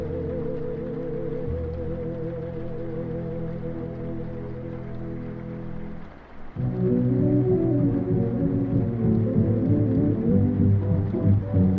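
Oldies music plays from another room, muffled so only the low and middle notes come through as sustained, wavering tones. The music shifts slightly around one and a half seconds, nearly drops out near six seconds, then returns louder and busier for the rest.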